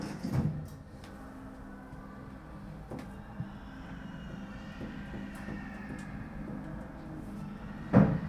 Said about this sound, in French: Fermeture des portes.